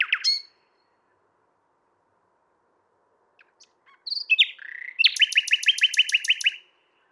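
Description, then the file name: Common nightingale song: a short sharp phrase, a pause, then whistles leading into a fast trill of repeated notes. "Luscinia megarhynchos"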